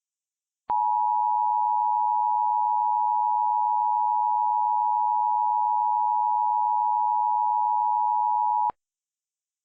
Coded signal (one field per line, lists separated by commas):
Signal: Emergency Alert System (SAME) tones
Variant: 853 and 960 Hz attention tone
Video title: EAS Scenario #10: Money Value = 0